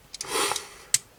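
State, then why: Released. A part on the foot of a 1/20 plastic model kit is pulled, giving a few light ticks and a soft plastic rub. A sharp click follows at 1.0 s as the plastic wheel pops out of the leg, released and free to spin.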